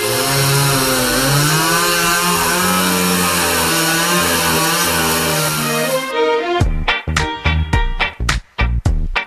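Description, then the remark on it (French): A chainsaw engine roars loudly with a steady, buzzing drone and wavering pitch for about six seconds, then breaks into a rapid series of choppy revving bursts, used in a new jingle for the radio show Tortoli et Arbatax. “Tortoli et Arbatax, l'émission idéale pour jouer à la tronçonneuse.”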